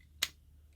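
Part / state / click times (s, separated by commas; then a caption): plastic panel on a transforming action figure / released / 0.2 s. A plastic section of a transforming action figure that will not close fully is forced into position and gives one loud, sharp snap at 0.2 s as it pops out of place. The plastic is fighting against being in that position, and the part cannot be put right back in.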